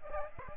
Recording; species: mosquito wingbeat signal from an infrared sensor; Aedes aegypti